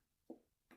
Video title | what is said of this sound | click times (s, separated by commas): Abu Garcia 5600 c4 (left side) (top shot reel cleaning) | nylon gear goes right back on top push down till you hear it click just | 0.3 s, 0.7 s